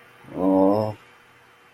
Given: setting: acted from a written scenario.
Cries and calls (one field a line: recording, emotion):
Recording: vocal sound without words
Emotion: disappointment